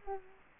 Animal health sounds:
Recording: mosquito wingbeat signal from an infrared sensor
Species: Culex quinquefasciatus

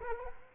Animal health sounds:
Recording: mosquito wingbeat signal from an infrared sensor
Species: Culex quinquefasciatus

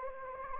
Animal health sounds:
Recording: mosquito wingbeat signal from an infrared sensor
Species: Anopheles gambiae

